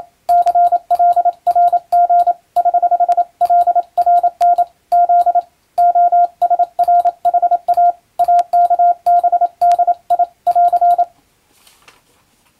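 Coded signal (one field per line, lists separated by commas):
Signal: Morse code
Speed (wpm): 27 wpm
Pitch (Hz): 700 Hz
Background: radio noise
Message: CLRG <HH>LRN Z OSRHA AKBDI<AR>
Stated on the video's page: Morse reception practice from a European-language telegram practice book, for radiotelegraph operator and amateur radio training.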